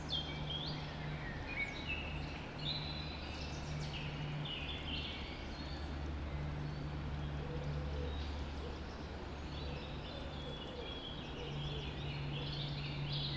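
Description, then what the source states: Birds in a dawn chorus, scattered high whistles and warbles layered over a droning low hum that comes and goes. Dawn chorus recorded just after dawn in the Forest of Dean.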